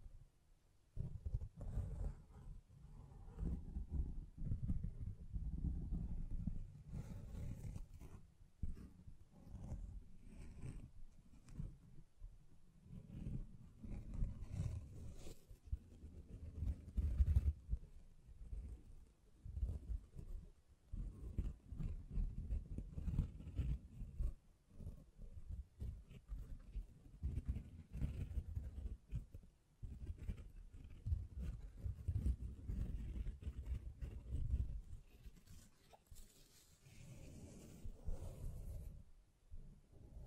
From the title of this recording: Tapping, Scratching, Mic Brushing, Hand Sounds